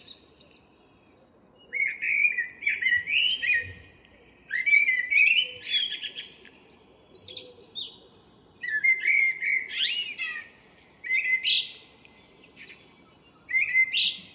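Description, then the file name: Common blackbird song: repeated short fluty phrases every few seconds, each topped by a sharp high twitter, over a quiet background. "Turdus merula"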